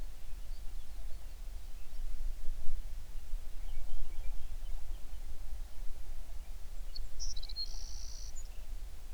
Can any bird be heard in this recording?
yes